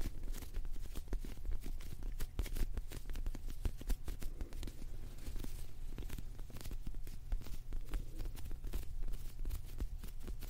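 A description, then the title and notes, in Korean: A soft, squishy sound, made up of dense, irregular crackles and muffled taps that keep coming without pause for the whole clip. A steady low rumble sits underneath, and the level stays fairly even from start to finish. ASMR 폭신 폭신 소리!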